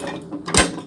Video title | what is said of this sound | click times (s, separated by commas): 2021 Puma 29TSS (0565) | snaps right into place right there | 0.5 s, 0.6 s